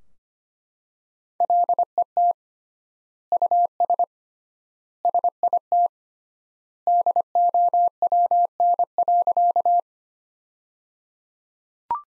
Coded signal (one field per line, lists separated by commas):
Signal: Morse code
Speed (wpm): 25 wpm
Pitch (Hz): 700 Hz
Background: none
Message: LET US SIT DOWN.